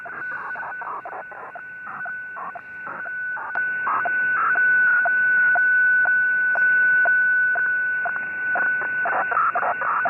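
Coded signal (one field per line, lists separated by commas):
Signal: weather fax (radiofax)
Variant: 120 lpm phasing signal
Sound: steady high whistle with a sharp click-chirp twice every second, over hiss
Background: radio static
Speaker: that's the Boston weather facts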